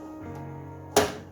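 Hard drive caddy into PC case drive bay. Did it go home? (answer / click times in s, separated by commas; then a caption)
yes / 1.0 s. A hard drive mounted in its plastic sled is slid back into a PC case's drive bay over a low steady hum. A sharp, bright click lands at 1.0 s as it latches, and the drive is locked in place.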